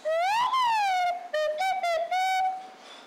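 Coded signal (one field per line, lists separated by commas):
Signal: whistled language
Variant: artificial, played on slide whistle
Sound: slide whistle gliding up then down, followed by four short pitched syllables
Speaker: we exposed into an artificial made up whistled language and the word for this language were produced with a slide whistle one of these so rewarding that language put some channel something like this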